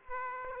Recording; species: mosquito wingbeat signal from an infrared sensor; Aedes aegypti